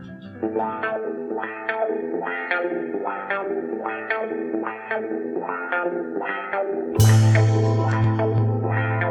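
A song plays, with rhythmic harmonic notes and processed, effects-laden guitar tones. Near the end a loud, sustained low distorted chord bursts in and rings out.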